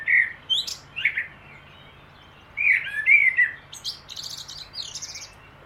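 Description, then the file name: Common blackbird delivering short fluty whistles, then a richer warbling phrase followed by a burst of high, thin squeaky notes. "Turdus merula"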